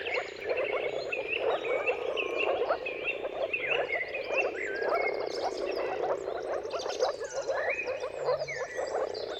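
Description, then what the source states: Moor frogs in a dense mating chorus of soft, bubbling low calls that overlap continuously, with bird whistles and trills above. Dawn chorus of moor frogs giving mating calls at sunrise, at the turn of March and April, timing depending on the weather.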